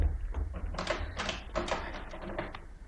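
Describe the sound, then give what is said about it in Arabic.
A door is being opened, a quick run of sharp clicks, rattles and dull thunks from the latch and handle over a low steady rumble, with no one speaking. “امال روح افتح الباب وسيب لي الموضوع ده.”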